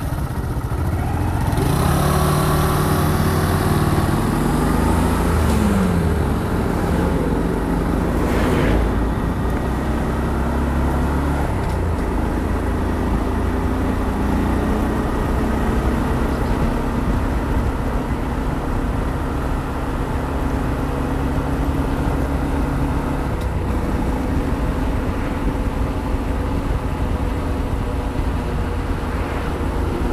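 A motorbike ridden steadily, its engine a constant low drone, with pitch rising briefly early on and a sharp gust near eight seconds.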